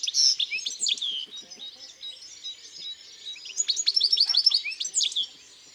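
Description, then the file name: European goldfinch song, a continuous high tinkling twitter of quick chirps and slurred notes, louder at the start and again toward the end. Singing in the countryside. "Chardonneret elegant Chants doiseaux dans la campagne"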